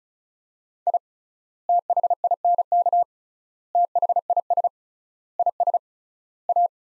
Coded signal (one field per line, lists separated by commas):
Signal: Morse code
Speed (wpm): 36 wpm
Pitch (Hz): 700 Hz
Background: none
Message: I THINK THIS IS A